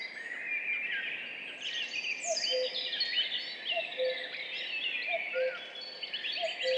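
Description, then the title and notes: Common cuckoo calling a low, falling two-note cu-coo, about four times, beneath a dense, busy chorus of high twittering and whistling songbirds. Duet of two common cuckoos at dawn, 5:20, 14 May 2019, spring, Piste aux espagnols, Val Maravel; recorded in stereo with a MixPre-3 recorder and MKH 8020 microphones. "Duo de coucou. 14 mai 2019-Piste aux espagnols - Val Maravel - 5h20. Ici, un mémorable duo de deux coucous gris"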